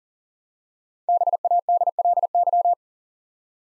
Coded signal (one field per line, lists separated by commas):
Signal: Morse code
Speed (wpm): 40 wpm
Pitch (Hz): 700 Hz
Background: none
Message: BADLY